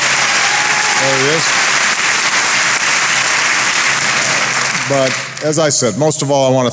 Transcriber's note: applause